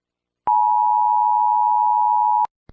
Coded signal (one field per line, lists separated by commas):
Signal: Emergency Alert System (SAME) tones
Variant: 853 and 960 Hz attention tone